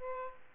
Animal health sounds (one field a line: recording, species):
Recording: mosquito wingbeat signal from an infrared sensor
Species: Aedes aegypti